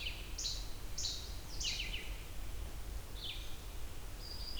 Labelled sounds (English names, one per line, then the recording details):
Red-eyed Vireo song
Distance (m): 70 m
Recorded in boreal forest in Alberta, Canada, on 28 June 2016 at 07:40
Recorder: SongMeter 3, array SBT-6-79
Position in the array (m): 105 m, 212 m